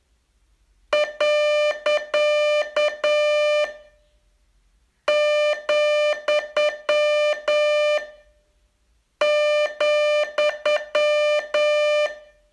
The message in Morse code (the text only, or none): .,,